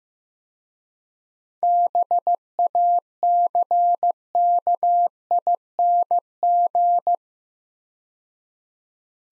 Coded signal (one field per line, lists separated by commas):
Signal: Morse code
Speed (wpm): 15 wpm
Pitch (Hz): 700 Hz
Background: none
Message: BACKING